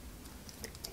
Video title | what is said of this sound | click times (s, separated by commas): Construisez La Nissan Skyline GT R de Fast & Furious 1/8 @SpotTVAltaya 54/59 | ça vient se clipser normalement à l'arrière ok | 0.8 s